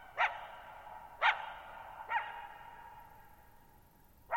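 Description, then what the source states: Coyote uttering short sharp barks about once a second, each followed by a long echoing decay, with quiet between. Lone coyote at night, July 14, 2019, Thirtymile Meadows, Okanogan National Forest, Okanogan High Country, Pacific Northwest, 6400 ft (1950 m); high dry plateau, shallow-bowl meadow.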